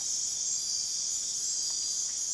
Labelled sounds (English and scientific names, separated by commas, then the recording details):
none
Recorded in dense forest near Puerto Asís, Putumayo, Colombia, on 21 February 2024 at 04:30
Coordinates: 0.499, -76.324
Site G6469